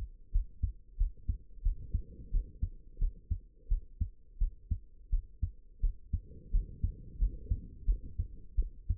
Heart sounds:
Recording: heart sounds by stethoscope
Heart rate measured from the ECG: 87 bpm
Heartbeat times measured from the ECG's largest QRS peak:
0.32 s: heartbeat
0.97 s: heartbeat
1.63 s: heartbeat
2.31 s: heartbeat
2.99 s: heartbeat
3.68 s: heartbeat
4.38 s: heartbeat
5.10 s: heartbeat
5.81 s: heartbeat
6.51 s: heartbeat
7.18 s: heartbeat
7.86 s: heartbeat
8.56 s: heartbeat
From the record:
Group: healthy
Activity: rest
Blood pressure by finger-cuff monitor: 77/45 mmHg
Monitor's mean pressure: 58 mmHg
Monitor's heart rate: 89 bpm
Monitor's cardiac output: 8.2 L/min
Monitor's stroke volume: 93 mL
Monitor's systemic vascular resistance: 490 dyn s/cm5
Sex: female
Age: 22 years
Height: 161 cm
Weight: 65.5 kg

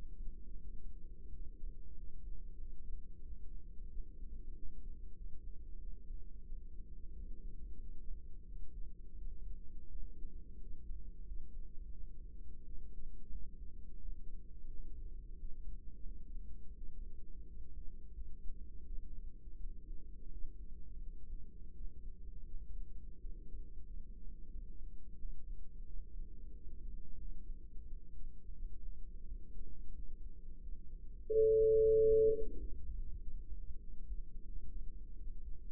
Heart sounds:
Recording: heart sounds by microphone in the right ear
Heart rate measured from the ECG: 89 bpm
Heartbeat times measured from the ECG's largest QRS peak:
0.60 s: heartbeat
1.29 s: heartbeat
1.94 s: heartbeat
2.56 s: heartbeat
3.21 s: heartbeat
3.88 s: heartbeat
4.52 s: heartbeat
5.13 s: heartbeat
5.76 s: heartbeat
6.42 s: heartbeat
7.11 s: heartbeat
7.78 s: heartbeat
8.43 s: heartbeat
9.13 s: heartbeat
9.86 s: heartbeat
10.57 s: heartbeat
11.22 s: heartbeat
11.91 s: heartbeat
12.62 s: heartbeat
13.28 s: heartbeat
13.96 s: heartbeat
14.67 s: heartbeat
15.36 s: heartbeat
16.02 s: heartbeat
16.73 s: heartbeat
17.43 s: heartbeat
18.12 s: heartbeat
18.82 s: heartbeat
19.55 s: heartbeat
20.28 s: heartbeat
20.98 s: heartbeat
21.71 s: heartbeat
22.44 s: heartbeat
23.16 s: heartbeat
23.84 s: heartbeat
24.50 s: heartbeat
25.16 s: heartbeat
25.83 s: heartbeat
26.50 s: heartbeat
27.15 s: heartbeat
27.83 s: heartbeat
28.52 s: heartbeat
29.23 s: heartbeat
29.92 s: heartbeat
30.58 s: heartbeat
31.26 s: heartbeat
31.94 s: heartbeat
32.57 s: heartbeat
33.18 s: heartbeat
33.79 s: heartbeat
34.43 s: heartbeat
35.16 s: heartbeat
From the record:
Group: healthy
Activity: rest 0-34 s, breath hold 34-36 s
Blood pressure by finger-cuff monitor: 101/57 mmHg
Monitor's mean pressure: 76 mmHg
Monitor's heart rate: 88 bpm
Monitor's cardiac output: 8.4 L/min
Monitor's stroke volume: 95 mL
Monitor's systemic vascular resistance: 650 dyn s/cm5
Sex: female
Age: 24 years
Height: 163 cm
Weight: 55.7 kg

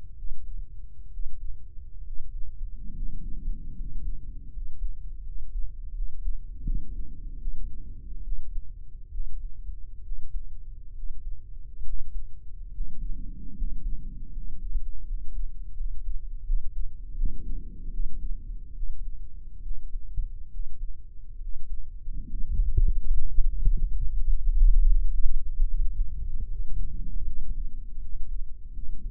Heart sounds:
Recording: heart sounds by microphone in the right ear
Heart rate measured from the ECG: 73 bpm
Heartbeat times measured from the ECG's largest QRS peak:
0.13 s: heartbeat
1.08 s: heartbeat
2.01 s: heartbeat
2.91 s: heartbeat
3.73 s: heartbeat
4.49 s: heartbeat
5.21 s: heartbeat
5.91 s: heartbeat
6.61 s: heartbeat
7.36 s: heartbeat
8.21 s: heartbeat
9.08 s: heartbeat
10.00 s: heartbeat
10.91 s: heartbeat
11.82 s: heartbeat
12.69 s: heartbeat
13.52 s: heartbeat
14.30 s: heartbeat
15.03 s: heartbeat
15.73 s: heartbeat
16.42 s: heartbeat
17.12 s: heartbeat
17.88 s: heartbeat
18.72 s: heartbeat
19.59 s: heartbeat
20.48 s: heartbeat
21.37 s: heartbeat
22.24 s: heartbeat
23.11 s: heartbeat
23.97 s: heartbeat
24.81 s: heartbeat
25.64 s: heartbeat
26.45 s: heartbeat
27.23 s: heartbeat
27.98 s: heartbeat
28.71 s: heartbeat
From the record:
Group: healthy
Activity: cold pressor test 0-21 s, rest 21-29 s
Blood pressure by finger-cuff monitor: 128/75 mmHg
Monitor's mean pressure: 91 mmHg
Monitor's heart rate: 71 bpm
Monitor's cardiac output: 7.5 L/min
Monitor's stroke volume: 107 mL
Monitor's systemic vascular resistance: 900 dyn s/cm5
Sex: male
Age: 23 years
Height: 178 cm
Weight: 96.6 kg

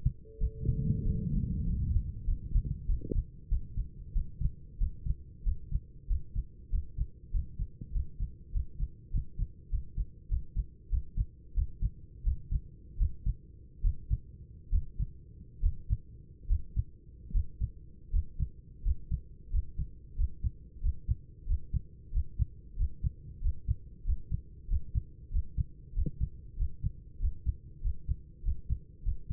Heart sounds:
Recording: heart sounds by stethoscope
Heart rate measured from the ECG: 90 bpm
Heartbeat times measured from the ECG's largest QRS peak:
0.39 s: heartbeat
1.03 s: heartbeat
1.65 s: heartbeat
2.25 s: heartbeat
2.86 s: heartbeat
3.49 s: heartbeat
4.13 s: heartbeat
4.78 s: heartbeat
5.43 s: heartbeat
6.07 s: heartbeat
6.69 s: heartbeat
7.31 s: heartbeat
7.91 s: heartbeat
8.51 s: heartbeat
9.10 s: heartbeat
9.69 s: heartbeat
10.28 s: heartbeat
10.89 s: heartbeat
11.54 s: heartbeat
12.23 s: heartbeat
12.97 s: heartbeat
13.81 s: heartbeat
14.70 s: heartbeat
15.60 s: heartbeat
16.46 s: heartbeat
17.31 s: heartbeat
18.10 s: heartbeat
18.82 s: heartbeat
19.49 s: heartbeat
20.15 s: heartbeat
20.80 s: heartbeat
21.45 s: heartbeat
22.11 s: heartbeat
22.75 s: heartbeat
23.40 s: heartbeat
24.03 s: heartbeat
24.67 s: heartbeat
25.30 s: heartbeat
25.93 s: heartbeat
26.56 s: heartbeat
27.18 s: heartbeat
27.81 s: heartbeat
28.42 s: heartbeat
29.02 s: heartbeat
From the record:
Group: healthy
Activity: rest 0-3 s, Valsalva maneuver 3-29 s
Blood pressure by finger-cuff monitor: 123/79 mmHg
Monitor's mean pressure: 90 mmHg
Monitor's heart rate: 93 bpm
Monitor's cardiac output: 7.8 L/min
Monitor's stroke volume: 92 mL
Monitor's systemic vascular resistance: 870 dyn s/cm5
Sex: male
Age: 24 years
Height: 184 cm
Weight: 89 kg

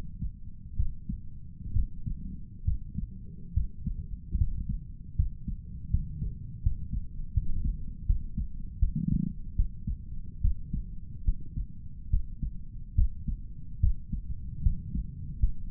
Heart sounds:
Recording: heart sounds by stethoscope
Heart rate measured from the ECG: 74 bpm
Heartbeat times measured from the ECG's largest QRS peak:
0.76 s: heartbeat
1.73 s: heartbeat
2.64 s: heartbeat
3.53 s: heartbeat
4.37 s: heartbeat
5.15 s: heartbeat
5.90 s: heartbeat
6.62 s: heartbeat
7.33 s: heartbeat
8.06 s: heartbeat
8.79 s: heartbeat
9.55 s: heartbeat
10.41 s: heartbeat
11.24 s: heartbeat
12.10 s: heartbeat
12.95 s: heartbeat
13.80 s: heartbeat
14.62 s: heartbeat
15.39 s: heartbeat
From the record:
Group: healthy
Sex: male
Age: 35 years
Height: 178 cm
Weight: 64 kg

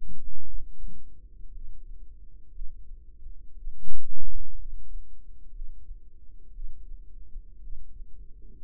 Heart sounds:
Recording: heart sounds by microphone in the right ear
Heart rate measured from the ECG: 59 bpm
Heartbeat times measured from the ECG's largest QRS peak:
0.44 s: heartbeat
1.52 s: heartbeat
2.52 s: heartbeat
3.55 s: heartbeat
4.56 s: heartbeat
5.52 s: heartbeat
6.52 s: heartbeat
7.61 s: heartbeat
8.59 s: heartbeat
From the record:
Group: healthy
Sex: female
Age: 28 years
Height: 170 cm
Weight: 77 kg

